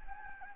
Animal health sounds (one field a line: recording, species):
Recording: mosquito wingbeat signal from an infrared sensor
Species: Anopheles gambiae